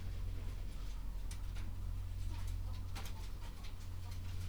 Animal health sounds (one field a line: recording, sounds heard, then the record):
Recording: poultry house recording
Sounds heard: sick chickens (respiratory disease)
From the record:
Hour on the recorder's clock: 11